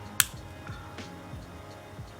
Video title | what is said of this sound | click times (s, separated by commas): Easiest G-Shock DW-5600 and GA-2100 Modification: Installing Bullbars on G-Shock | and after a bit of pushing it finally clicked right into place | 0.2 s